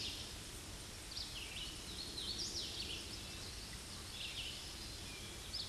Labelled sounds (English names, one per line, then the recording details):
Hooded Warbler song
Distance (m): 50 m
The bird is about 15 m above the microphone
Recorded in a Pennsylvania forest on 16 May 2024 at 07:51
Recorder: AudioMoth, point MSD-2164
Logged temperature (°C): 15.8 °C
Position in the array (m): 153 m, 111 m